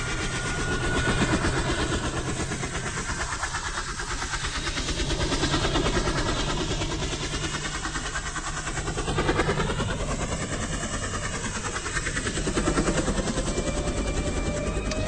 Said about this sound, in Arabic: لفت نظره صوت الطيارة والطيارة ما كانتش باينة، فقعد يبص يمين وشمال عايز يعرف الصوت ده جاي منين.